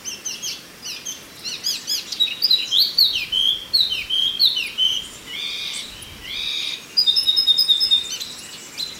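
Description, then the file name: Chinese hwamei song of varied slurred whistles, rising and falling, with a run of sweeping notes, closing with high steady notes. "suara alam hwamei mini"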